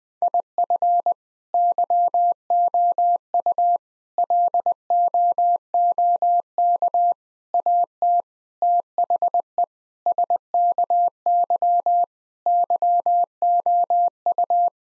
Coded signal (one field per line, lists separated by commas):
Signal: Morse code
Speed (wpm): 20 wpm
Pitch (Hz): 700 Hz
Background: none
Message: IF YOU LOOK AT THE SKY YOU